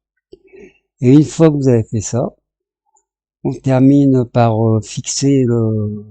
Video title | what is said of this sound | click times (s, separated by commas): Le char TIGRE II N°4 | elle se clipse très bien à l'intérieur et | 0.3 s